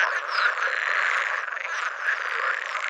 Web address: Pool Frog